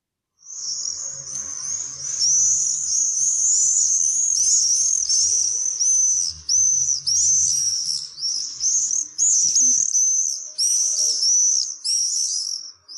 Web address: fuglelyder taarnseiler